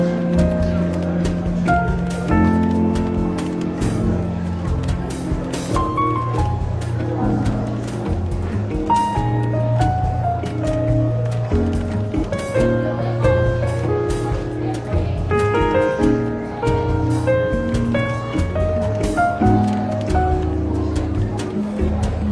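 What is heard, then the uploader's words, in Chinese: Soft jazz plays steadily in a bookstore café, with sustained bass and melodic notes under a constant murmur of chatter and occasional clinks. 伦敦书店咖啡馆轻微喧闹氛围与柔和轻松的爵士背景音乐。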